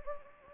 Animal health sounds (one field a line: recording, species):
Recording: mosquito wingbeat signal from an infrared sensor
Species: Anopheles gambiae